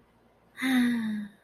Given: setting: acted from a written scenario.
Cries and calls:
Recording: vocal sound without words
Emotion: contentment

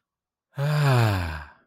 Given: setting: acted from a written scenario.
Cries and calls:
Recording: vocal sound without words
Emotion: relief

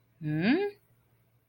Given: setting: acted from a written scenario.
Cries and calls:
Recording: vocal sound without words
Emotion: confusion

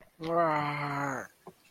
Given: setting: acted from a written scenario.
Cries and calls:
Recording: vocal sound without words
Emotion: shame

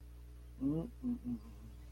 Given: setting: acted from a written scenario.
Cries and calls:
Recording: vocal sound without words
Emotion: shame

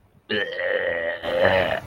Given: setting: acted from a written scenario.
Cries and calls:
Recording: vocal sound without words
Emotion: disgust

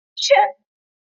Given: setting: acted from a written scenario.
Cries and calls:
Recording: vocal sound without words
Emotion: disappointment

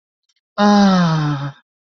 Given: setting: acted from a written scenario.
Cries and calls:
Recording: vocal sound without words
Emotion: serenity

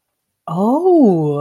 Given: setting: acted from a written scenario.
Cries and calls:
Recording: vocal sound without words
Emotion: positive surprise

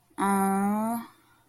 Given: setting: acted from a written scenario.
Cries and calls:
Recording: vocal sound without words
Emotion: sympathy

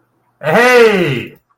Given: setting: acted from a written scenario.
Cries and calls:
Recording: vocal sound without words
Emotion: positive surprise

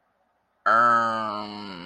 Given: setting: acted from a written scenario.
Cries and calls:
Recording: vocal sound without words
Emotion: confusion

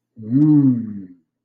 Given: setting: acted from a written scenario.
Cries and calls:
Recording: vocal sound without words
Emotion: desire

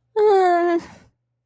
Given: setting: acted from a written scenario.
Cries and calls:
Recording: vocal sound without words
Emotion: distress

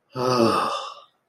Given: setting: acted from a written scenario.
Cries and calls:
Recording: vocal sound without words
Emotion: shame

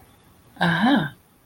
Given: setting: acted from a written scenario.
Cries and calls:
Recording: vocal sound without words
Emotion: interest

